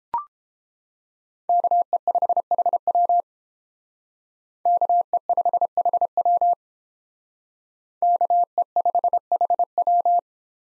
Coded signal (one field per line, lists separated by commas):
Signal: Morse code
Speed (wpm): 31 wpm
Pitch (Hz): 700 Hz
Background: none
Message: KE5HW KE5HW KE5HW